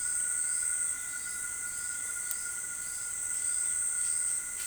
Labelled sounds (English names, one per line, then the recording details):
none
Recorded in forest near Pivijay, Magdalena, Colombia, on 13 April 2023 at 18:30
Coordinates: 10.467, -74.380
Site Z5-G034